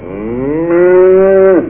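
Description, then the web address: Cow mooing: one long harmonic-rich low moo, rising slightly and holding steady before breaking off abruptly after about one and a half seconds. "sîawekdolot krowa"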